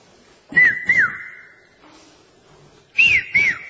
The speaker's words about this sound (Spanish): Usted no sabe, porque usted escucha el pito. No, no. Nosotros tenemos el oído desarrollado para establecer la diferencia entre el pito oficial y el pito aficionado.